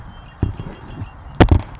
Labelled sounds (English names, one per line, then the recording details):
Red-winged Blackbird
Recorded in Sonoma County, California